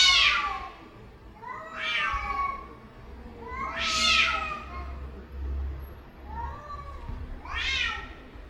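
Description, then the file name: Domestic cat caterwauling: several short wailing yowls, unevenly spaced, over a low hum. Cats in heat. "Gatos No Cio"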